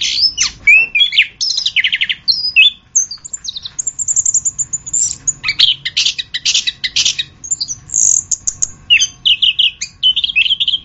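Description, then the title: Orange-headed thrush delivers continuous varied song: rattling trills, sharp chips and high sweeping whistles tumbling together almost without pause. "anis kembang"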